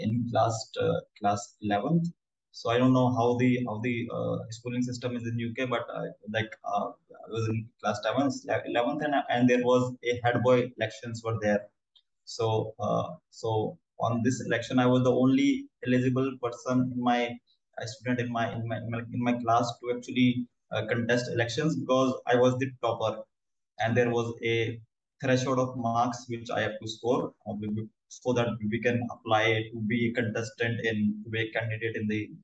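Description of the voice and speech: A 26-year-old man from New Delhi, India, who has stammered since about age 8 or 9 and has never had speech therapy, speaks with repeated words and phrases, prolonged sounds and frequent fillers such as "uh", typical of stuttering.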